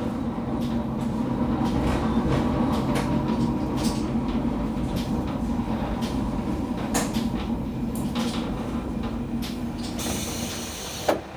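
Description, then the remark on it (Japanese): A steady low rumble of a train rolling along with rhythmic clacks and squeaks as it arrives at Rikuchū-Noda station on the Salt Road, carrying a magazine reporter and photographer, ending in a brief hiss of air as it comes to a stop. “まもなくソルトロード、陸中野田、陸中野田に到着します。”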